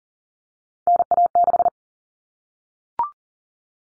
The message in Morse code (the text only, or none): NA6